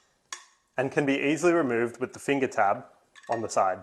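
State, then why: Seated. A reusable stainless steel growing mesh is pressed into the die-cast aluminium basin of a sprouting tray, between two tabs, and snaps into place with a short, sharp click at 0.3 s. Someone then talks.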